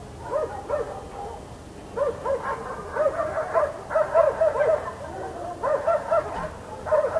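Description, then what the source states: Dog barking in repeated rapid bursts of several arched barks, over low background noise. Dogs in Almaty.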